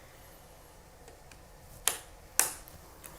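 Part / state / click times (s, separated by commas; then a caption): memory module into motherboard DIMM slot / seated / 1.9 s, 2.4 s. A DDR4 memory module, which resisted going in, is pressed into a motherboard DIMM slot. Two sharp, loud clicks ring out at 1.9 s and 2.4 s, with a few faint ticks around them. The module is seated in the slot.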